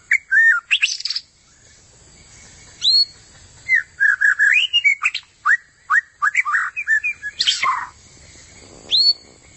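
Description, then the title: White-rumped shama song: varied whistled phrases and slurred notes with sharp high upsweeps, broken by short pauses and a loud harsh note. Among mixed bird songs. "Murai Batu"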